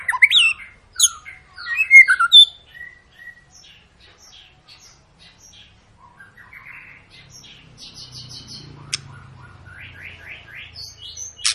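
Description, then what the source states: White-rumped shama song opens with loud, sharp, varied notes, then softer chattering phrases and quick buzzy trills that repeat in short bursts. Long lure recording (pancingan) of a persistently singing (gacor) white-rumped shama, used to prompt other birds to sing.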